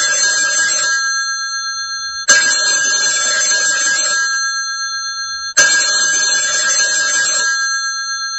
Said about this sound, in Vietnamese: Đang định đứng dậy đưa em ra cửa, nhưng lúc ấy có một hồi chuông điện thoại reo bên văn phòng.